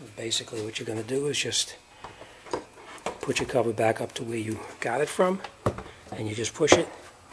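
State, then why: Not seated. A plastic engine cover on an Audi A4 is put back in position and handled by hand over its mounting studs on the engine while someone talks. A few short knocks and taps are heard around 2.0, 2.5 and 3.1 seconds. Nothing has seated or snapped into place yet.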